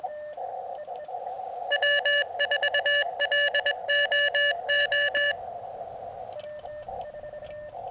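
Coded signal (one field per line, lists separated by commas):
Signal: Morse code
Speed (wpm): 20 wpm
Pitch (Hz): 1750 Hz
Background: radio noise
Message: W4LOO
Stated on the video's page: Sent with a heavy Vibroplex Original Deluxe bug on an Elecraft KX2 QRP field radio with an Elecraft AX1 antenna, during an activation.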